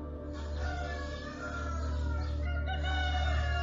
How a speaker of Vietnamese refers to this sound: Tiếng gà gáy vang lên như thúc giục.